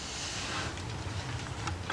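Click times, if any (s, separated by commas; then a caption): none. A spark plug wire boot on a Ford F150 pickup's 4.2 engine is guided down toward the spark plug by hand. There is steady broadband noise with a low hum and faint handling rustles, plus brief ticks at about 1.7 s and 1.9 s. The boot has not been pushed home, and nothing has seated or clicked yet.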